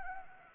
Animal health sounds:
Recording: mosquito wingbeat signal from an infrared sensor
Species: Anopheles gambiae

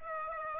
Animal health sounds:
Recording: mosquito wingbeat signal from an infrared sensor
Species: Aedes aegypti

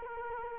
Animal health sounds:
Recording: mosquito wingbeat signal from an infrared sensor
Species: Culex quinquefasciatus

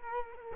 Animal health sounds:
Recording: mosquito wingbeat signal from an infrared sensor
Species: Culex quinquefasciatus

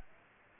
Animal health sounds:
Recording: mosquito wingbeat signal from an infrared sensor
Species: Aedes aegypti

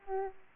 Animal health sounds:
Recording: mosquito wingbeat signal from an infrared sensor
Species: Aedes aegypti

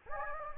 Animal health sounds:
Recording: mosquito wingbeat signal from an infrared sensor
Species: Anopheles gambiae

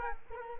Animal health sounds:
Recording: mosquito wingbeat signal from an infrared sensor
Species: Culex quinquefasciatus

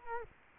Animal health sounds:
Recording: mosquito wingbeat signal from an infrared sensor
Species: Culex quinquefasciatus

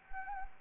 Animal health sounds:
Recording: mosquito wingbeat signal from an infrared sensor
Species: Anopheles arabiensis

